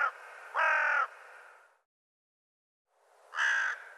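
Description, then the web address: Bird giving two harsh, rasping calls separated by a pause. "cianscape birddata Deverinetal 2025"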